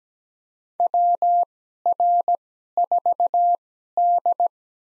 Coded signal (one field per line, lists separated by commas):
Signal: Morse code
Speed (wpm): 17 wpm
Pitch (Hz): 700 Hz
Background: none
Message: WR4D